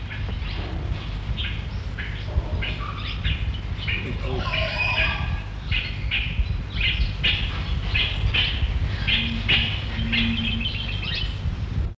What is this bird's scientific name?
Alectoris barbara